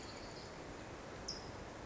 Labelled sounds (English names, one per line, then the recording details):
California Towhee
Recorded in Sonoma County, California